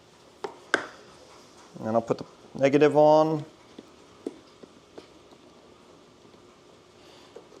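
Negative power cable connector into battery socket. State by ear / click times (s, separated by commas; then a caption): seated / 7.6 s. Someone talks while a negative power cable connector is wiggled into the socket of a battery for a 6 horsepower electric outboard, with a few sharp taps and knocks around 0.4, 0.7, 4.3 and 5.0 seconds. The connector clicks home at 7.6 seconds and is seated.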